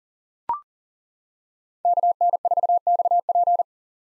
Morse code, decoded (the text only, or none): KN4XP